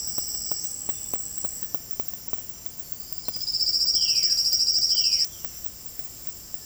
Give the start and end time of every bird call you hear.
[3.24, 5.26] Silvered Antbird
[3.95, 5.24] Violaceous Jay

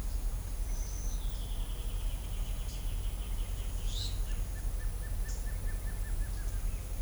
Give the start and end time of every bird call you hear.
[0.97, 3.86] Pale-legged Hornero
[3.97, 6.68] Black-crested Antshrike

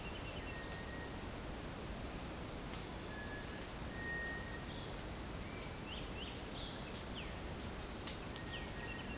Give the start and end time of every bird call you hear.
[0.00, 0.55] Black-striped Sparrow
[0.30, 1.22] Cinereous Tinamou
[2.96, 4.94] Cinereous Tinamou
[4.64, 9.17] Black-striped Sparrow
[8.24, 9.17] Cinereous Tinamou

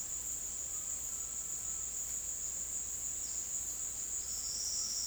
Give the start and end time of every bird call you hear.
[0.58, 1.93] Undulated Tinamou

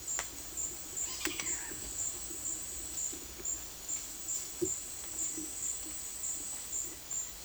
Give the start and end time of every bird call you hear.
[0.96, 1.78] Squirrel Cuckoo

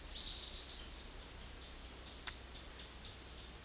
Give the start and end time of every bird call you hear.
[0.00, 0.90] Bananaquit

